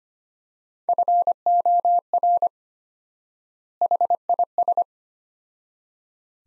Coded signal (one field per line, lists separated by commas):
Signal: Morse code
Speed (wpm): 25 wpm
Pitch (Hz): 700 Hz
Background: none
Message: FOR HIS